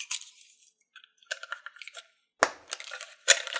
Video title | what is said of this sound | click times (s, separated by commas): Blink Doorbell Camera Installation and Overview | oops didn't latch | none